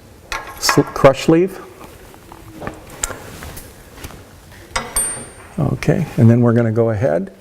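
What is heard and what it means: Someone talks while handling the oxygen sensor wiring plug, about to push it back into its mating connector on the wiring harness of a 2006 Toyota Camry during a catalytic converter install. Short, light metallic taps and clatter come through between the speech. Nothing has seated or clicked yet.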